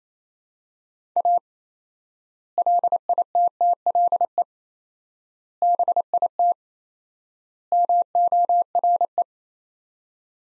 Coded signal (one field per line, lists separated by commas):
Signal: Morse code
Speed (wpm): 28 wpm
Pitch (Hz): 700 Hz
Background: none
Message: A LITTLE BIT MORE